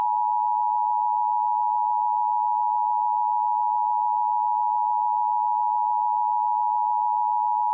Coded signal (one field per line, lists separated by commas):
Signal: Emergency Alert System (SAME) tones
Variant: 853 and 960 Hz attention tone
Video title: EAS Child Abduction Emergency (AMBER Alert) Calhoun County, Alabama Statewide Alert